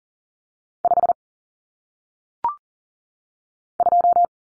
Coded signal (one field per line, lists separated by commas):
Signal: Morse code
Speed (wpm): 38 wpm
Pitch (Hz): 700 Hz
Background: none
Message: 5 2